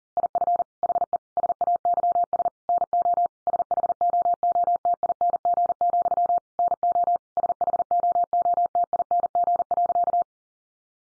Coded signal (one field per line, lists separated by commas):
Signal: Morse code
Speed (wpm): 37 wpm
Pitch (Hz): 700 Hz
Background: none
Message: IF HE SAYS NO SHOOTING, NO SHOOTING.